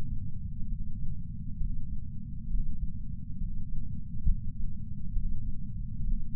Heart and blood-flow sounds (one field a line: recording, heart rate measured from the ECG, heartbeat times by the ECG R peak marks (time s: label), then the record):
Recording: heart sounds by patch sensor on the chest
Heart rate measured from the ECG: 67 bpm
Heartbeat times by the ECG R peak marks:
0.68 s: heartbeat
1.57 s: heartbeat
2.48 s: heartbeat
3.38 s: heartbeat
4.26 s: heartbeat
5.13 s: heartbeat
6.02 s: heartbeat
From the record:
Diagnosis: coronary artery disease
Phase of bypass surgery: preoperative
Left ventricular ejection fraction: 43.1%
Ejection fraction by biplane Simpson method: 44.4%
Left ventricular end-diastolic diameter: 60 mm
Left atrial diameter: 37 mm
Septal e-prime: 5.3 cm/s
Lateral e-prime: 8.1 cm/s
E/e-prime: 7.6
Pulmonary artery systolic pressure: 20 mmHg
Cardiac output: 4.08 L/min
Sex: male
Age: 57 years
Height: 183 cm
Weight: 85 kg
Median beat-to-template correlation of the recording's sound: 0.82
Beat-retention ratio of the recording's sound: 0.97